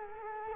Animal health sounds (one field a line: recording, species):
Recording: mosquito wingbeat signal from an infrared sensor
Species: Culex quinquefasciatus